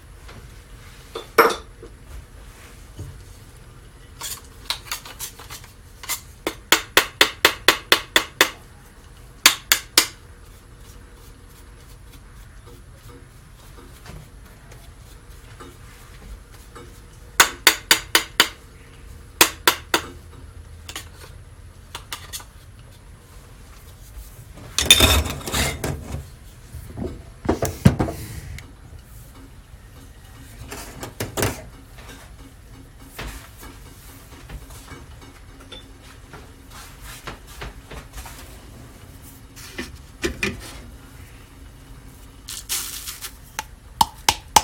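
Guatemala SHB coffee beans being roasted: sharp, dry clicks arrive in quick bursts around 6–10, 17–19 and 40–43 seconds, with a louder, denser cluster near 25–28 seconds. A steady low hum runs underneath throughout.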